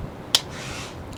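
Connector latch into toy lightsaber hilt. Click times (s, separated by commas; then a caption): 0.4 s. A plastic connector latch, already inserted into the end of a toy lightsaber hilt, is rotated so it fastens tight. A single sharp, loud click at 0.4 s marks it locking into place against a quiet background. The latch is seated and locked onto the hilt.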